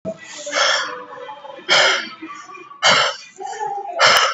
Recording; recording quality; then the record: shallow breathing; excellent, no background noise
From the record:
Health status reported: COVID-19 positive, mild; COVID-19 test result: positive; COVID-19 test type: RT-PCR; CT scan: not taken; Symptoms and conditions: cough, sore throat, muscle pain, hypertension, another condition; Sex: male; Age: 65 years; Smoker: no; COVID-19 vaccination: one dose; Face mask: worn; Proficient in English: no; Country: India